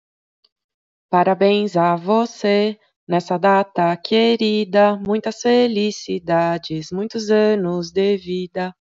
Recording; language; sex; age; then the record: short text; Brazilian Portuguese; female; 30 to 39 years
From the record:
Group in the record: control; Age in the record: 37 years